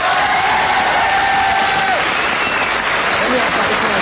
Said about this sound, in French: Je voudrais que vous applaudissiez ces nouveaux musiciens,